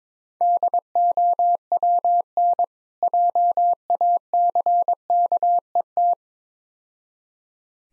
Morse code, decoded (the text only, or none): DOWN JACKET